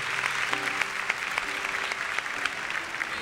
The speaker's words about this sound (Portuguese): Aplauda forte. Aplaudamos o Santo Evangelho.